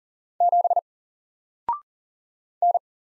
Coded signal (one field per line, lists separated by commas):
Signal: Morse code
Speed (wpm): 40 wpm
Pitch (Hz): 700 Hz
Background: none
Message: 7 N